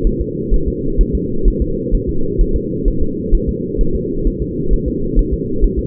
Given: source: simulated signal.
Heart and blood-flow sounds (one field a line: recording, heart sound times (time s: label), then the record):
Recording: fetal heart sounds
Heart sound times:
0.07 s: S1
0.21 s: S2
0.54 s: S1
0.68 s: S2
1.01 s: S1
1.15 s: S2
1.48 s: S1
1.62 s: S2
1.95 s: S1
2.09 s: S2
2.41 s: S1
2.56 s: S2
2.88 s: S1
3.02 s: S2
3.35 s: S1
3.49 s: S2
3.81 s: S1
3.96 s: S2
4.27 s: S1
4.42 s: S2
4.73 s: S1
4.88 s: S2
5.19 s: S1
5.34 s: S2
5.64 s: S1
5.79 s: S2
From the record:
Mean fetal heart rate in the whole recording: 130 bpm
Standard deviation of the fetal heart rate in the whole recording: 2 bpm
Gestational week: 38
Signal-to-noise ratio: -8.1 dB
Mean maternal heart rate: 72 bpm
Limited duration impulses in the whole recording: absent